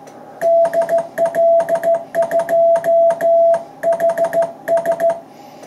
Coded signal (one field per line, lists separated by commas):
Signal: Morse code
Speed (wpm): 14 wpm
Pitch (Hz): 670 Hz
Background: music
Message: DL2HS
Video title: CW QSO with UY7LA 16 01 2022